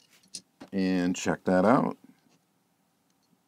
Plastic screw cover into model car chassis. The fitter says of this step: snaps into place